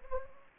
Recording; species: mosquito wingbeat signal from an infrared sensor; Anopheles gambiae